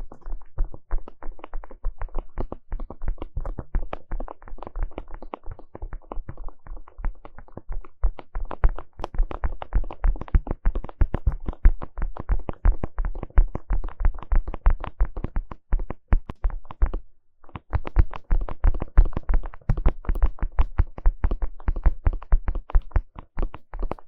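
Rapid ear tapping runs as dense, irregular clusters of soft thumps through the whole clip, broken by one brief pause near seventeen seconds.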